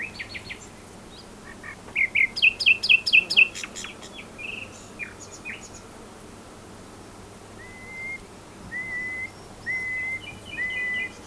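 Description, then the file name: Common nightingale song: a fast rattling phrase of repeated notes, then slow, evenly spaced slurred whistles and a brief chattering ending. "Luscinia megarhynchos"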